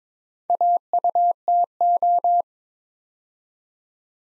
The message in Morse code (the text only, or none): AUTO